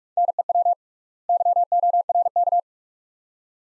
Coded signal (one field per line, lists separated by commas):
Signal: Morse code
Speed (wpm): 46 wpm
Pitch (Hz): 700 Hz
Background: none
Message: NEW YORK